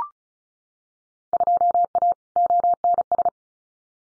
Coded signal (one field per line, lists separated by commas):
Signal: Morse code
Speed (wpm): 34 wpm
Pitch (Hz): 700 Hz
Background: none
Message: 2A ONS